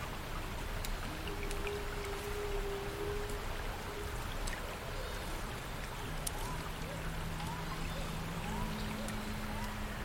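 Water flows in a steady, dense wash, blended with rustling leaves and a low rumble underneath. Faint, brief bird chirps surface in the second half, while occasional sharp ticks and a couple of sustained low humming tones come and go.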